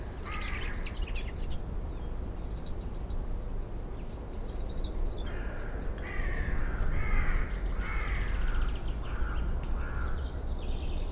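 Birds sing in a forest, several voices chirping and trilling almost continuously over a steady low rumble, with a few harsher caw-like calls.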